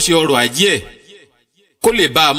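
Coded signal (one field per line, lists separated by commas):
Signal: none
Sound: background tones during speech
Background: speech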